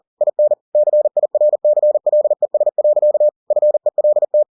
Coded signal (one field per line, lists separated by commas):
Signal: Morse code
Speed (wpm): 40 wpm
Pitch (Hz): 600 Hz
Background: none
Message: IN CIRCLES. FELT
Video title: The Martian by Andy Weir in Morse code - 40WPM - Chapter 10